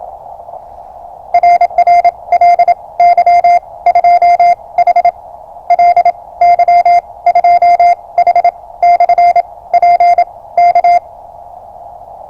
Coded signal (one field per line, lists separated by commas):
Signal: Morse code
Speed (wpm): 27 wpm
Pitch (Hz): 700 Hz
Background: radio noise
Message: RR LY2H LY2H/P K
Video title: Time for prepping. Rapid deployment of QCX-mini and a 5m whip in the forest.